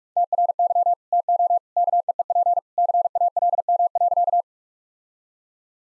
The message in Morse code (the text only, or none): TRY TO KEEP CALM.